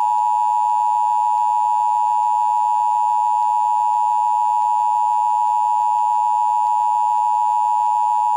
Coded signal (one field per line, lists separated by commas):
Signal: Emergency Alert System (SAME) tones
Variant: 853 and 960 Hz attention tone